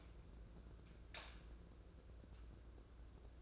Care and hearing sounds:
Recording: daily activity, microphone in the room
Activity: light on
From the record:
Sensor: 2

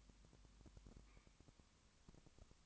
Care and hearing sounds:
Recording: daily activity, microphone in the room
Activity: no activity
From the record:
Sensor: 1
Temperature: 19.2 degrees Celsius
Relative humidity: 37.8%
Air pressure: 1001.1 hPa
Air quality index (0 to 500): 198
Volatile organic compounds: 7 ppm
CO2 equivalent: 1995 ppm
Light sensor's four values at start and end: 1/2/1/1 and 1/2/1/1

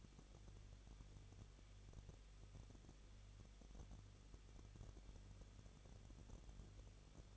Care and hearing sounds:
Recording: daily activity, microphone in the room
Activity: no activity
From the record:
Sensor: 4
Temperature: 23.1 degrees Celsius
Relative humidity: 34.3%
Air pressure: 1007.2 hPa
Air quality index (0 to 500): 215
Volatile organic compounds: 15 ppm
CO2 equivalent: 2485 ppm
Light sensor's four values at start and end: 2/3/1/1 and 2/3/1/1

